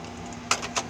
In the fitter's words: it does is it just snap right in and